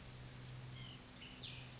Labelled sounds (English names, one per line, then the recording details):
White-breasted Nuthatch
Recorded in Sonoma County, California